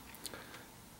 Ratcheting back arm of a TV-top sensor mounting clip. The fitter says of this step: so it swings back and down and I and it sounds like it clicks very loud so it really well it locks into place it's not loose